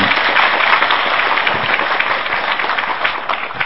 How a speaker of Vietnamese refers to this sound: Xin các Phật tử cho một tràng pháo tay.